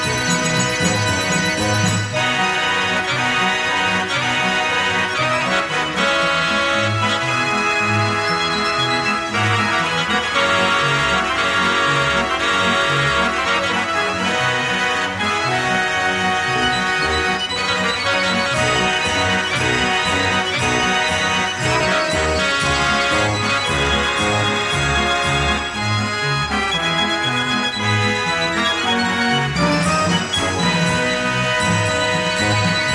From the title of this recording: Fair Organ